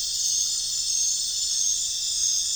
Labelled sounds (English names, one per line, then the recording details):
none
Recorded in pastures near Puerto Asís, Putumayo, Colombia, on 25 June 2025 at 21:00
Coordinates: 0.466, -76.322
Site GP07